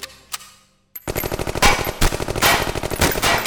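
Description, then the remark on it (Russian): A sustained burst of automatic gunfire from a weapon seized from a guard, shooting down the guards: rapid evenly spaced loud shots rattling for several seconds after a brief quiet moment, with no voices. “Вырвав у ближайшего из охранников оружие, собака с неожиданной для его состояния точностью прошил всю гвардию Себаса.”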